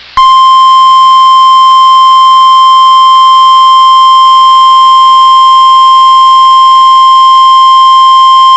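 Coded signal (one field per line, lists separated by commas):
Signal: Emergency Alert System (SAME) tones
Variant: 1050 Hz attention tone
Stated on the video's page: Northern Minnesota flood warnings on weather radio station WXM99, where the weekly test was skipped because of flooding.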